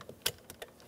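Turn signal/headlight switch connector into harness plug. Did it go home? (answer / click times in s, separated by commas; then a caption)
yes / 0.3 s. A turn signal and headlight switch connector on a 1997-2006 Jeep Wrangler is lined up and pushed into its harness plug until it seats with a sharp click at 0.3 s. Several fainter ticks follow around 0.5, 0.6 and 1.0 s, which may come from the hazard flasher relay, which is on.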